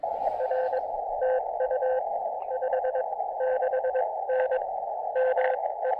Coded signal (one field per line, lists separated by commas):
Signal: Morse code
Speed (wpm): 22 wpm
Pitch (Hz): 520 Hz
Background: radio noise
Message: R TU 56N ME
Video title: Testing a new knee board and wire antenna during a beautiful SOTA activation on Mount Mitchell!